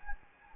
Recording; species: mosquito wingbeat signal from an infrared sensor; Anopheles gambiae